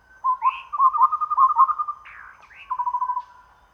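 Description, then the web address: Chestnut-rumped babbler giving low, hollow trilled phrases of bubbling notes, with a few brief higher slurred notes above, then a shorter trill to finish. Recorded at Danum on 1 April 2006. "DANUM 20060401. sound chestnut-rumped babbler"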